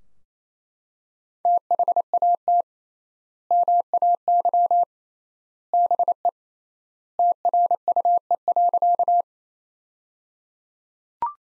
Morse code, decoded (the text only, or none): THAT MAY BE TRUE.